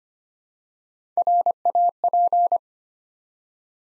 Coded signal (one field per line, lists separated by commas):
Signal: Morse code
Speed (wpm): 25 wpm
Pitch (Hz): 700 Hz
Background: none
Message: RAP